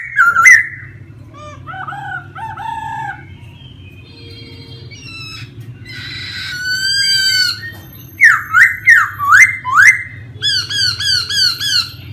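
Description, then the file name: Laughingthrush song: varied whistled phrases, rising and falling slurs, then a fast series of loud sharp sweeping notes and quick repeated chips, over a faint low hum. Wild-voice song style, giọng rừng. "Tieng khuou hot giong rung"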